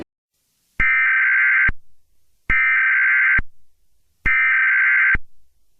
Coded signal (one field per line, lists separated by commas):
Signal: Emergency Alert System (SAME) tones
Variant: header bursts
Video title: EAS Scenario: XJ9 invasion remake (preview)